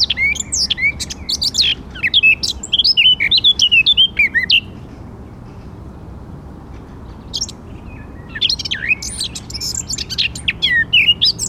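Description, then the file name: Eurasian blackcap song: a busy, scratchy warble lasting several seconds, a silent gap of a few seconds, then another run of chattering, whistled notes. "Sylvia atricapilla"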